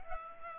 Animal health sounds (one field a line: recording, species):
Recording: mosquito wingbeat signal from an infrared sensor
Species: Culex pipiens